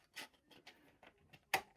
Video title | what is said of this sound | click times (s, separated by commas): On the SEVENTH Sunday of Christmas in Mrs. Rogers' Stamperhood | Did you hear it click in place? | 1.5 s